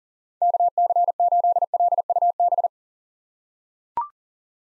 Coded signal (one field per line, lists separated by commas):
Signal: Morse code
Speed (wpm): 40 wpm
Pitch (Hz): 700 Hz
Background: none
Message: KC8LUB